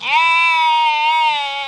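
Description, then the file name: Sheep giving one steady bleat lasting under two seconds, level in pitch and rich in harmonics, with no other sounds. Norwegian sheep baaing. "Sheep Baaing Norwegian Sheep Expressing Itself Concisely"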